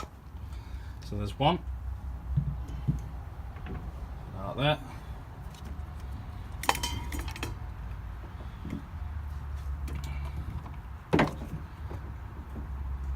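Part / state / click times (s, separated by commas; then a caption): ignition lead boot onto coil/spark plug terminal / not seated / none. A new ignition (HT) lead boot is handled near its coil pack/spark plug terminal on a car engine during ignition-system work, but nothing has seated or clicked yet. Someone talks over a steady low hum, with sharp handling clacks around 6.6–7.4 s and another knock near 11.2 s.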